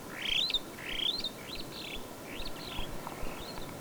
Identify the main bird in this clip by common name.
Superb Starling